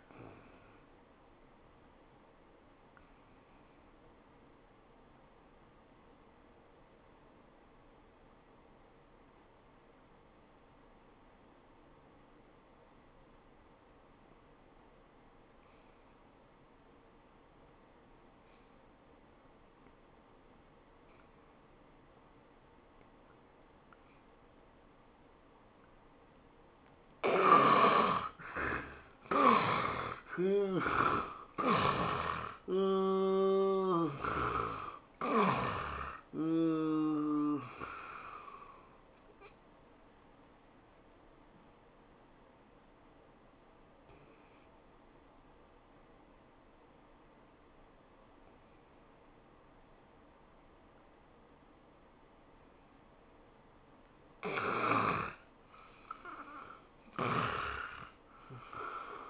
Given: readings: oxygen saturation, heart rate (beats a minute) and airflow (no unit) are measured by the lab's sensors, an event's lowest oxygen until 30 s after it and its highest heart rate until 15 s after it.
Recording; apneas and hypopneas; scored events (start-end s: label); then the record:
breathing in sleep by a voice recorder at the bedside; 2
6.00-27.60 s: obstructive apnea (N1, oxygen 91% highest, then 79% lowest, heart rate 69 at the start, 101 highest)
39.00-55.30 s: hypopnea (N1, oxygen 97% highest, then 87% lowest, heart rate 101 at the start, 101 highest)
From the record:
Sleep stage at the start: N1 (lightest sleep); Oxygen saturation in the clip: 72 to 97%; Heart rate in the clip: 69 to 101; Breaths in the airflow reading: 7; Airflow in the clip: -15.8 to 11.8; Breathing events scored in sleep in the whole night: 403 in 5.5 hours asleep